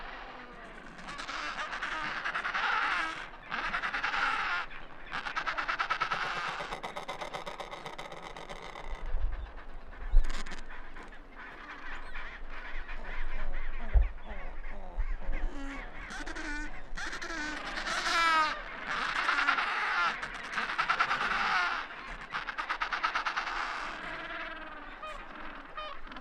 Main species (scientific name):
Pygoscelis adeliae